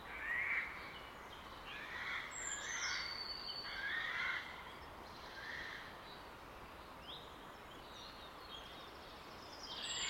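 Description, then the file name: Eurasian jay calls: several short, hoarse, rasping screeches in the first half, over constant background hiss. "Garrulus glandarius"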